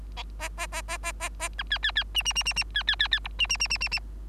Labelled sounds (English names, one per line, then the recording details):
Bengalese Finch song
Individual Bird3